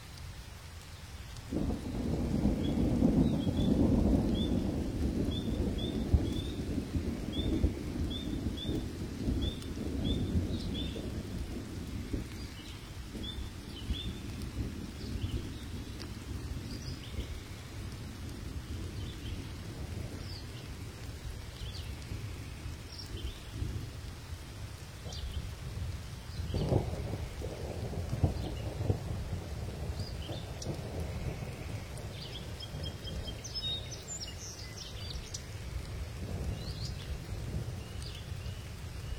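A deep, rolling thunder rumble swells in the first ten seconds and slowly fades under steady rain, with another low crack near twenty-seven seconds.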